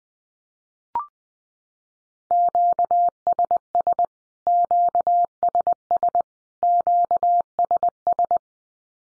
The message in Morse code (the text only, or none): QSS QSS QSS